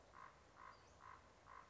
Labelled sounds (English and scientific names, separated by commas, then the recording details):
Common Raven (Corvus corax)
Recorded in Sonoma County, California